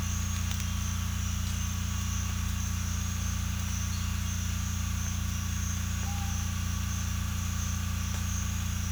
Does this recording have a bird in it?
no